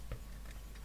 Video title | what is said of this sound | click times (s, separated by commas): Build The T 800 Terminator Issue 78 Components For Left Hand And Arm Joint | um and this is going to go into there at some point oh that's a really nice click | 0.1 s